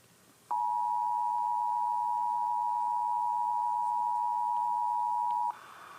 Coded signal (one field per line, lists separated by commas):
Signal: Emergency Alert System (SAME) tones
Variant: 853 and 960 Hz attention tone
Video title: EAS 891-892 KDKA RWT